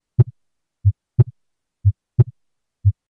Second Heart Sound Fixed Splitting, Increased Aortic Intensity.